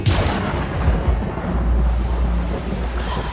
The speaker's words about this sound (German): Diese schrecklichen Gewitter ohne Regen. Da denke ich immer, jetzt ist der Atomkrieg ausgebrochen.